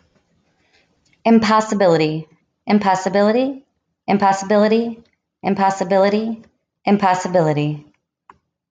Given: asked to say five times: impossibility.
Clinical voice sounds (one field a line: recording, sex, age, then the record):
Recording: repeated word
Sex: female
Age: 30 to 39 years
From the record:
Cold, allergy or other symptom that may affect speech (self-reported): no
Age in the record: 32 years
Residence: Nevada, United States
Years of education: 16